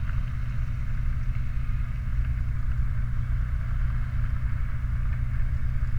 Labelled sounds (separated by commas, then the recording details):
truck
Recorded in the Prudhoe Bay oil fields, Alaska, on 29 July 2019 at 00:01
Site 29